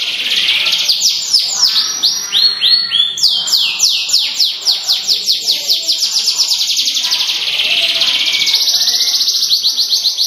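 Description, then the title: Canary song: fast runs of clear downward-sweeping notes, about four per second, shifting into a sustained high buzzy trill. Small standard type canary with a contest achievement record. "Kenari Standart Kecil Prestasi"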